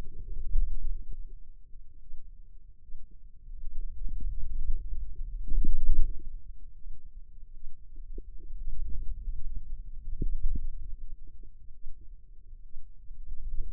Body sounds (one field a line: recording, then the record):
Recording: forearm muscle sounds (acoustic myography)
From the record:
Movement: wrist extension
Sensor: system 2, bracelet of six BSWA MPA416 microphones around the upper forearm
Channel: 2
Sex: female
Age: 25 years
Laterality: right